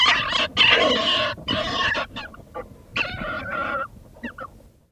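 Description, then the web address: Beech marten mating call: rasping, clucking bursts of harsh noise, fading toward the end. Recorded during mating. "karlammann. Tierstimmen Steinmarder paarung"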